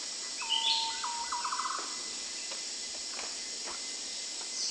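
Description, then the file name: Green broadbill call: a steady whistled note that breaks into a quickening series of short bubbling notes, over a constant high insect drone. "suara burung madi hijau kecil"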